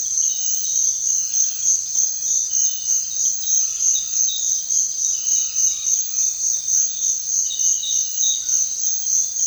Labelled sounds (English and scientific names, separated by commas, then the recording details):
none
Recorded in dense forest near Puerto Asís, Putumayo, Colombia, on 26 December 2024 at 06:00
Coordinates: 0.468, -76.322
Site G071